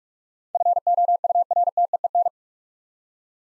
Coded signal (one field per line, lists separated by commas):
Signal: Morse code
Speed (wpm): 44 wpm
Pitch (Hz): 700 Hz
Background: none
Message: FOURTEEN